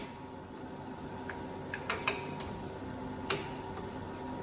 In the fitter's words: right, we're going to let the audio play here, and you're going to be able to hear the clicking sound that the torque wrench makes when you go ahead and you hit the set point.